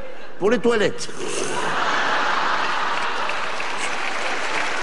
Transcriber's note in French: rires